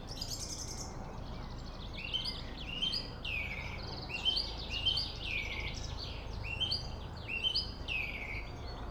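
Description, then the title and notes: Song thrush singing a string of rich, repeated whistled phrases, each given several times before changing, above a constant low traffic hum. Singing in Friedhof Columbiadamm (Neuer Garnisonsfriedhof) cemetery, Berlin, with distant city and traffic noise; recorded on a Sony PCM D50. "Friedhof Columbiadamm, Berlin - Song thrush. Friedhof Columbiadamm (Neuer Garnisonsfriedhof), Song thrush (Singdrossel) singing, distant city. traffic noise"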